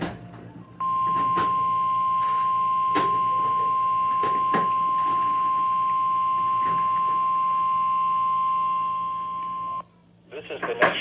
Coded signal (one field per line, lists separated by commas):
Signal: Emergency Alert System (SAME) tones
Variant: 1050 Hz attention tone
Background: speech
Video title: EAS/NWR Alert or message #1158-1159: Required Weekly Test #15 fail part 2